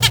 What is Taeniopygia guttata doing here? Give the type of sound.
hat call